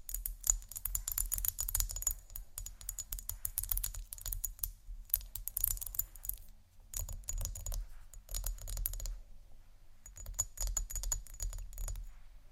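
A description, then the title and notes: Dense bursts of crisp scratching and tapping, like rapid keyboard clicks, in clusters with short pauses near 6.5 and 9.5 seconds. ASMR Scratch & Tap For Your Nap（No Talking）.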